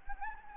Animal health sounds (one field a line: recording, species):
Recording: mosquito wingbeat signal from an infrared sensor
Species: Anopheles gambiae